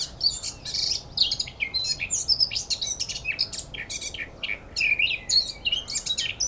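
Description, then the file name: Eurasian blackcap song, loud, rich warbling with quick chattering runs and clear whistled notes, flowing steadily with short breaks. "Sylvia atricapilla"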